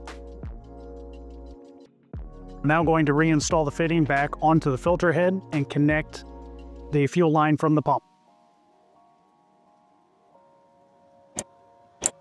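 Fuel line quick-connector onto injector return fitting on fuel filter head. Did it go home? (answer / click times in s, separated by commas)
yes / 11.4 s, 12.1 s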